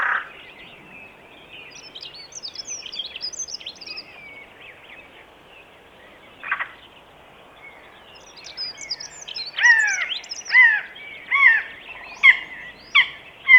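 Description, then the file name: Eurasian jay calls: a run of arched, tonal notes repeated several times near the end, after a stretch of high twittering. "Garrulus glandarius"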